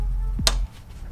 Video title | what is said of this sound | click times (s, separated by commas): EG Civic hood latch cable replacement. | makes a satisfying click so now | 0.5 s